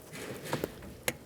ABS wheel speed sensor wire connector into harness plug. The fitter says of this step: We'll listen for a click from that.